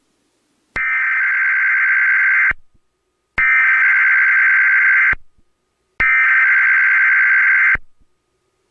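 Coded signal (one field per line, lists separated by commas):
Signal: Emergency Alert System (SAME) tones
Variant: header bursts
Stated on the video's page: Real EAS Tsunami Warning set off by the Japan earthquake, carried on Comcast cable with a grey screen.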